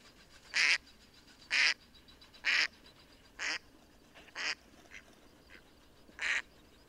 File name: mallard duck sound